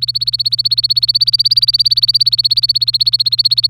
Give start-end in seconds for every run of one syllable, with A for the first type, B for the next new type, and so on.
0.01-3.69 A